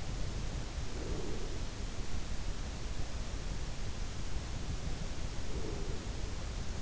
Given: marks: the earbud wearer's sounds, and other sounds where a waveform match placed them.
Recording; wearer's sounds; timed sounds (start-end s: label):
sounds in sleep by an in-ear microphone; breath
0.96-1.84 s: breath
5.33-6.46 s: breath